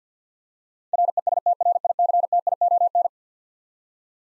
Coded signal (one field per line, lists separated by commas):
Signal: Morse code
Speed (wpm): 50 wpm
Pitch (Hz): 700 Hz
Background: none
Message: RESTRICTION